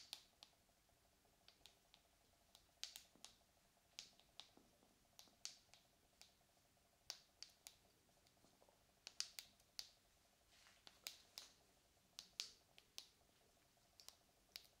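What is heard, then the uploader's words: Sharp, bright taps and scratches come in irregular bursts, some doubled or clustered, over a faint steady hum with short quiet gaps. ASMR Tapping and Scratching for Tingles.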